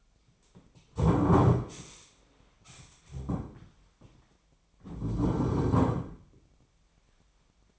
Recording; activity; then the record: daily activity, microphone in the room; stand up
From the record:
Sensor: 1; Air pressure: 1008.0 hPa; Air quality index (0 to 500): 191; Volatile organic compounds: 17 ppm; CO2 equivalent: 2589 ppm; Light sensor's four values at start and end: 13/33/13/15 and 13/33/13/15